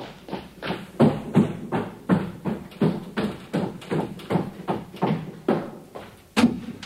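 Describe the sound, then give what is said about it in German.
Pumuckl hammers nails into a wooden kitchen chair in the kitchen with a steady run of about fifteen sharp, loud knocks, two or so each second, with no voices over them. “Hör mit der Hämmerei auf.”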